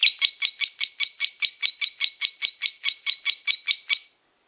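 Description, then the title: Lovebird song, a brisk series of many sharp, shrill chirps at an even pace, then it stops. Song of a lovebird described as a national champion. "Kicau Burung LoveBird, Suara Burung LoveBird Juara Nasional"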